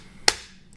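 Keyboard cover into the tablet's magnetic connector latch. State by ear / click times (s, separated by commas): seated / 0.3 s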